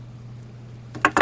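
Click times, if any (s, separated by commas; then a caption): 1.0 s. The two halves of a metal necklace clasp, twisted apart, are pushed back together over a low steady hum. A faint tick at 1.0 s leads into a sharp, bright click at 1.1 s as the clasp seats, followed by another loud metallic click around 1.2 s.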